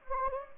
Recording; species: mosquito wingbeat signal from an infrared sensor; Anopheles gambiae